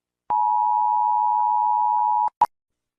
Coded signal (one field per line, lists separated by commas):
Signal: Emergency Alert System (SAME) tones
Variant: 853 and 960 Hz attention tone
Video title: EAS Alarms in different countries (Unfinished)